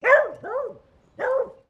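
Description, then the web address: Beagle barking: a loud, yelping bark quickly followed by a second, then a short pause and a third bark, with no other sounds. Female beagle barking. "Sound Effects-Foundation 1 ANIMAL DOG BEAGLE FEMALE BARK"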